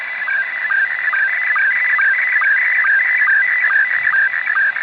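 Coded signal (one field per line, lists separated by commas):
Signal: SSTV (slow-scan television)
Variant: Scottie 1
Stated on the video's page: SSTV sound heard on a pirate radio station.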